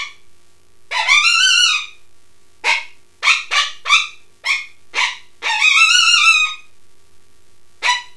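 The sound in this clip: Coyote yipping and howling: short sharp yips broken by two wavering, drawn-out howls, in an irregular series with quiet gaps.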